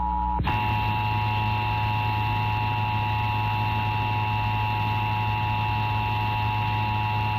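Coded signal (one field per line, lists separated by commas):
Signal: Emergency Alert System (SAME) tones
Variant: 853 and 960 Hz attention tone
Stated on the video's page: Assorted recorded EAS broadcast tests, including required monthly tests from Texas, with uneven audio levels; some station test audio was excessively overmodulated.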